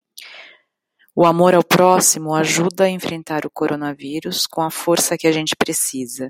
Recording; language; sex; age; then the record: spoken sentence; Brazilian Portuguese; female; 40 to 49 years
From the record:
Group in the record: control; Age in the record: 45 years